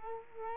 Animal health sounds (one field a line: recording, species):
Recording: mosquito wingbeat signal from an infrared sensor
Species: Culex quinquefasciatus